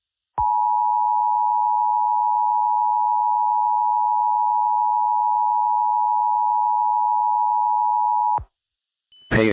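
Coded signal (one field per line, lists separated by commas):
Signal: Emergency Alert System (SAME) tones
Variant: 853 and 960 Hz attention tone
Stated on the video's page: Fictional mini EAS scenario, not a real alert.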